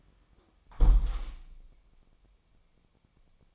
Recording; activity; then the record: daily activity, microphone in the room; close window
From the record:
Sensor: 1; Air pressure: 1000.5 hPa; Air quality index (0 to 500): 184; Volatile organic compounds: 4 ppm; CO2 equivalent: 1690 ppm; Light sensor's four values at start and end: 10/24/10/11 and 10/24/10/11